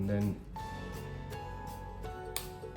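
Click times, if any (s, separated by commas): 2.4 s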